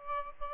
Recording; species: mosquito wingbeat signal from an infrared sensor; Aedes albopictus